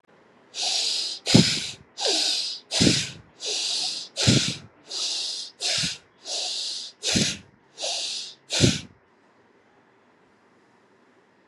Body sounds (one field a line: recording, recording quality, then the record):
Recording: shallow breathing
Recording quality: excellent, no background noise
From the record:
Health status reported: COVID-19 positive, mild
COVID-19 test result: positive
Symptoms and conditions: cough, fatigue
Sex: female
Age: 38 years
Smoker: not ticked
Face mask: not worn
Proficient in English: yes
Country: India